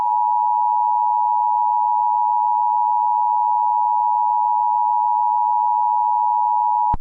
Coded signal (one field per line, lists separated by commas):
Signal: Emergency Alert System (SAME) tones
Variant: 853 and 960 Hz attention tone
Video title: Eas scenario 5 swamp monster